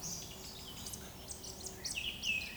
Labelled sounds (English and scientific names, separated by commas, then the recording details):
Eurasian Woodcock (Scolopax rusticola) whistle
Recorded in Baden-Württemberg, Germany, on 19 May 2020 at 19:34 UTC
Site 31917, 145 m above sea level